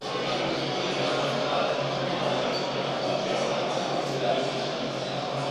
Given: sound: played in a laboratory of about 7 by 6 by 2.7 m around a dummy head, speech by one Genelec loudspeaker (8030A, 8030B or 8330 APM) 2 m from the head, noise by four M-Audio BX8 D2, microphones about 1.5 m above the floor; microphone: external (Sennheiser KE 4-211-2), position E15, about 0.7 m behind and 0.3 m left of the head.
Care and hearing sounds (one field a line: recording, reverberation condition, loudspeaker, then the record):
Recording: cafeteria noise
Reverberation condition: high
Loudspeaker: four, about 170 cm from the corners of the room and facing them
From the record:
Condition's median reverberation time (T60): about 1300 ms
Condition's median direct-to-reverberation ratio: about -4.0 dB